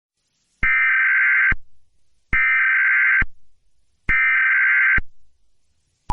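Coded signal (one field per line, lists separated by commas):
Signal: Emergency Alert System (SAME) tones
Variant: header bursts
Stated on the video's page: Fictional EAS scenario; simulated alert tones, not a real broadcast.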